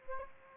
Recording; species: mosquito wingbeat signal from an infrared sensor; Aedes aegypti